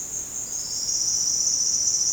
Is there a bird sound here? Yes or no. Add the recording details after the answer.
no. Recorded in secondary vegetation near Puerto Asís, Putumayo, Colombia, on 12 March 2025 at 15:30. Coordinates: 0.485, -76.322. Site G040